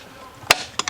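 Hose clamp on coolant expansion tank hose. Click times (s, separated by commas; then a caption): 0.5 s. A spring hose clamp on a coolant expansion tank hose is moved up into position and snaps into place with a sharp broadband click at 0.5 s. Two smaller clicks follow at 0.8 s and 0.9 s, and the clamp is seated.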